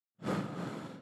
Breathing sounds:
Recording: one breath near a microphone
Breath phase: exhalation

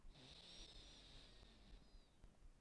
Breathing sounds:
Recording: one breath near a microphone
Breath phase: inhalation

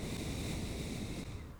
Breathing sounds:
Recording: one breath near a microphone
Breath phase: exhalation

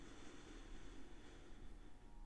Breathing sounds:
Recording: one breath near a microphone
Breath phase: inhalation

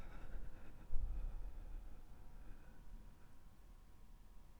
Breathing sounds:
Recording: one breath near a microphone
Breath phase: exhalation

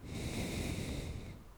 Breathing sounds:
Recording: one breath near a microphone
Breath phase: exhalation

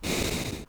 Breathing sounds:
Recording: one breath near a microphone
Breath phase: exhalation

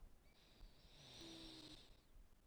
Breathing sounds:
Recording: one breath near a microphone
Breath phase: inhalation

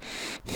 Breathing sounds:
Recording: one breath near a microphone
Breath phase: inhalation

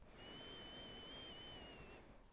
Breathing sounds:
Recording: one breath near a microphone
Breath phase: inhalation

